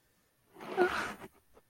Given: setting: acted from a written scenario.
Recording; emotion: vocal sound without words; desire